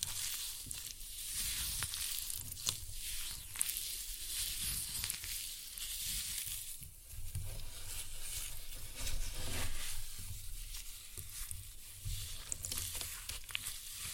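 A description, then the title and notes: Floral foam being crushed, a continuous crackling and crunching with dense, fine snaps throughout. The texture is bright and hissy, with a low rumbling pressure underneath, and it swells and eases in uneven waves, briefly quieter around seven seconds and fuller from ten seconds on. Floral Foam Glitter Bomb Crushing.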